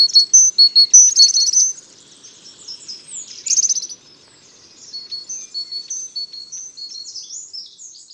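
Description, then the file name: Great tit calls, quick high chirps and whistled notes at first, then softer twittering notes trailing off. "Parus major"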